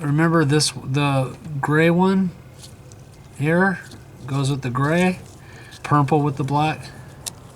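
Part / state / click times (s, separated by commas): wiring harness connector onto camshaft actuator solenoid / seated / 7.3 s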